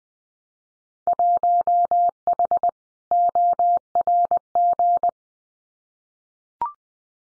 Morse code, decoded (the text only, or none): 1H ORG